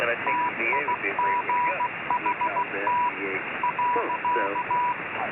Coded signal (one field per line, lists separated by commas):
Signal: Morse code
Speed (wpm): 16 wpm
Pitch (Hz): 980 Hz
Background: speech, radio noise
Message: TIGHT .